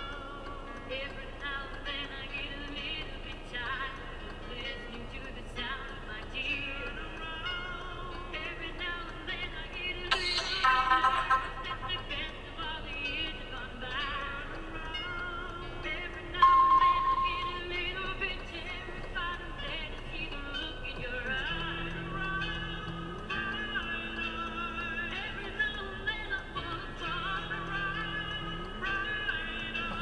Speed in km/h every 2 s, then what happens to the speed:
0, 0, 0, 0, 0, 0, 0, 0, 0, 0, 0, 0, 0, 0, 0.
0-30 standing.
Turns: none.